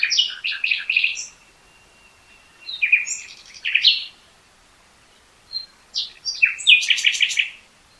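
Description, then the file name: Common nightingale song mixing choppy chirped notes, a long steady thin whistle, quick descending notes and a closing fast rattle of repeated notes. "Luscinia megarhynchos"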